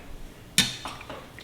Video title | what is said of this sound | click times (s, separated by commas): Samsung Jetbot Mop With Dual Spinning Pads | and then you'll hear a little click | 0.6 s